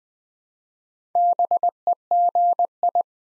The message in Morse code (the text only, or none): BEGI